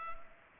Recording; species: mosquito wingbeat signal from an infrared sensor; Culex pipiens